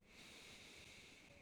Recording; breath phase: one breath near a microphone; inhalation